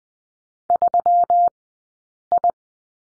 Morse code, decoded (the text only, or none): 3I